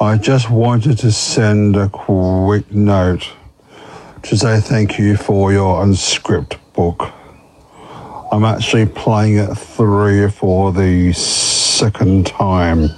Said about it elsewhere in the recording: Has a stutter. He's got a beautiful, powerful voice that he's fallen back in love with. Living with a stutter has made communication challenging throughout my life.